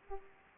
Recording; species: mosquito wingbeat signal from an infrared sensor; Aedes aegypti